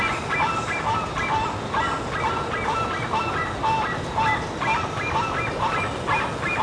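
Bird calls: nasal, honking notes repeated about twice a second over a steady hiss of background noise.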